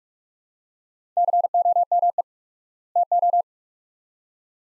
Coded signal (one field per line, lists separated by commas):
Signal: Morse code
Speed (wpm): 45 wpm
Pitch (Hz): 700 Hz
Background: none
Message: COME TO